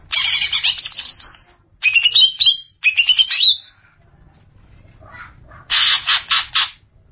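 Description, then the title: Greater Green Leafbird song in separate bursts: chattering phrases with quick descending whistled flourishes, a pause, then a short loud pulsed burst. "Cucak ijo"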